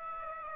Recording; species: mosquito wingbeat signal from an infrared sensor; Aedes aegypti